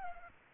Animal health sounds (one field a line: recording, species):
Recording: mosquito wingbeat signal from an infrared sensor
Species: Culex pipiens